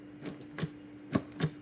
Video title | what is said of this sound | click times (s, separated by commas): Reseña del JUILIST Licuadoras Para Verduras y Frutas, 400W Extractor de jugo con 65MM de Boca Ancha, | You hear that? Okay, so that's to make sure that it lets the machine know that you are clicked into place. | 0.6 s, 1.1 s